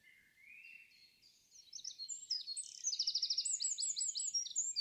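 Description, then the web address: Bird song: rising whistled notes leading into a loud, rapid series of high, sharp repeated notes that keep going to the end. "cianscape birddata Deverinetal 2025"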